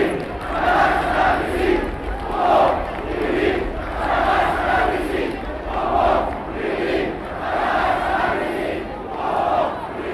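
A huge crowd at a 1 May 1974 rally chants the slogan "O povo unido jamais será vencido" in unison, voices rising and falling in a steady repeating rhythm of loud shouted phrases, roughly one every couple of seconds, over a constant roar of many people.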